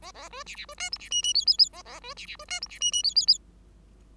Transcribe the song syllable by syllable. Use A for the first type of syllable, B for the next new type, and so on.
A A B C C B D E C F F G G G A A B C C B D E C F F G G G